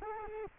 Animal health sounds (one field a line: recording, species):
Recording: mosquito wingbeat signal from an infrared sensor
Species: Culex quinquefasciatus